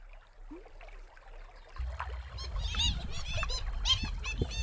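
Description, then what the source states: Black stilt calls: after a quiet start, a burst of sharp, yapping notes repeated rapidly over a low humming drone. Kakī calls from exhibition artwork, combined with a glass-and-water instrument she devised; the kakī is one of the world's most endangered birds.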